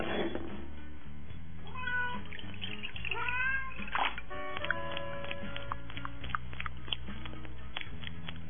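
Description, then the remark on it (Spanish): A stray kitten meows repeatedly in short, high, wavering cries, over a steady low background hum with faint watery pattering. “Ven, gatito.”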